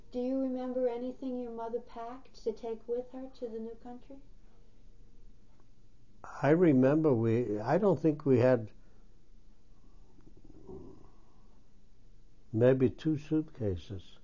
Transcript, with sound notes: Do you remember anything your mother packed to take with her to the new country?
I remember we — I don't think we had [pause] maybe two suitcases,